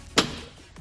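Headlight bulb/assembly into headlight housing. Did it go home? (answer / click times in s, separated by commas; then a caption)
yes / 0.2 s. A headlight bulb/assembly is pushed down into the headlight housing on a 3rd-gen Mitsubishi Eclipse, making a sharp, loud click at 0.2 s that quickly fades, followed by a faint soft knock near 0.8 s. The headlight part is seated and clicked into place.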